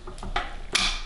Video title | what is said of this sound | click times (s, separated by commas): #2 Base and Rail assembly | simply put the two tones here into the two grooves up here and press that locks it into place | 0.4 s, 0.8 s